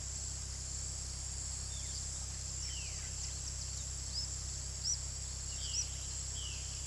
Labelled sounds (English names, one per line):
Violaceous Jay
Olive-faced Flatbill